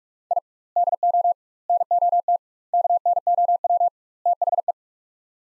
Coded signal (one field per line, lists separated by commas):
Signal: Morse code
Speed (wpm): 42 wpm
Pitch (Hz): 700 Hz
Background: none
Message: I DO NOT KNOW THE